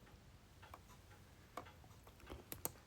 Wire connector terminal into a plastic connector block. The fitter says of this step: can now push the connector into the connector block it snaps in place with a click